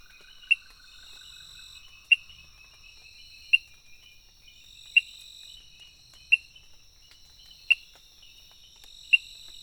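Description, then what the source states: Frog calls, sharp clicking notes repeated about every one and a half seconds, over steady high insect trilling. Recorded 23 June 2018, between 18:00 and 20:00.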